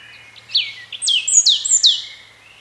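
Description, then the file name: European robin delivering a short phrase of crisp, high notes, each dropping steeply in pitch, over a faint low hum. "Erithacus rubecula"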